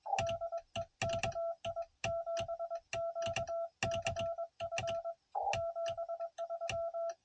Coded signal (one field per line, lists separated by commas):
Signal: Morse code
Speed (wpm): 22 wpm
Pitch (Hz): 1340 Hz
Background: none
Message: DE KI7QCF 73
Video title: 7 POTA Parks Activated By Noonday!